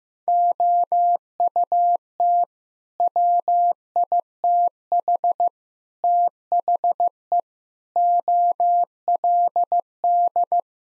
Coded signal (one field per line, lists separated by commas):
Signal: Morse code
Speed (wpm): 16 wpm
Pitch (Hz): 700 Hz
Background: none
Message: OUT WITH THE OLD